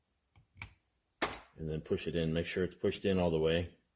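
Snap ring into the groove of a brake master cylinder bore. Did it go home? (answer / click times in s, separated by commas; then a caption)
no / none. A steel snap ring is handled with snap ring pliers at the bore of a Honda N600 brake master cylinder, ready to be pushed down into its groove. Two brief, faint metallic sounds come near the start, then someone talks. Nothing has seated or clicked yet.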